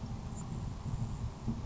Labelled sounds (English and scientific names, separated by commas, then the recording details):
Grasshopper Sparrow (Ammodramus savannarum)
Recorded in Sonoma County, California